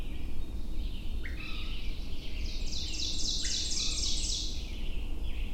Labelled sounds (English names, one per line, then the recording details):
Ovenbird song
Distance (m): 30 m
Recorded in boreal forest in Alberta, Canada, on 22 June 2016 at 07:45
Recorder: SongMeter 3, array SBT-6-76
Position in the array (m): 150 m, 115 m
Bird 3